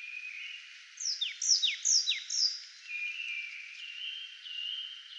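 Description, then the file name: Marsh tit calling: four quick, explosive downslurred notes in a row, then a run of level notes. "Poecile palustris"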